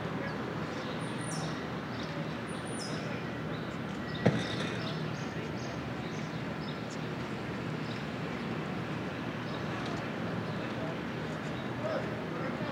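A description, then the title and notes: A Brooklyn morning: a steady, dense murmur of indistinct voices and low traffic hum that holds level throughout. A few thin, high chirps come in the first few seconds, and a single sharp knock lands just after the four-second mark. Brooklyn Morning.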